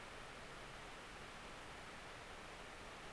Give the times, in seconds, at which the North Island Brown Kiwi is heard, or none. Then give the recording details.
none. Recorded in New Zealand on 10 October 2014. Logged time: 22:59. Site DE66